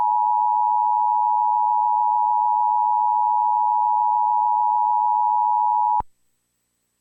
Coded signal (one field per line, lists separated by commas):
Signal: Emergency Alert System (SAME) tones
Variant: 853 and 960 Hz attention tone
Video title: EAS #54 - Tornado Warning for Robertson and Sumner Tennessee